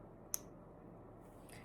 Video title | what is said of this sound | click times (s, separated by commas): SIMPLE JEWELRY TUTORIAL/VINTAGE | And see, they snap right in. | 0.3 s